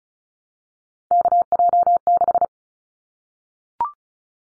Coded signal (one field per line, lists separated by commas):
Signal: Morse code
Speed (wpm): 34 wpm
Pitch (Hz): 700 Hz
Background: none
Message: KJ6